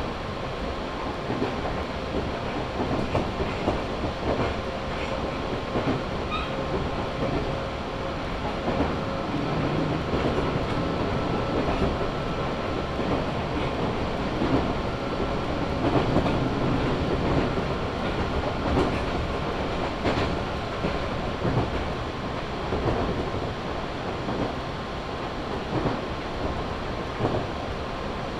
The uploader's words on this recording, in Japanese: 中央西線 十二兼→木曽福島。十二兼駅を過ぎると単線区間が出てきます。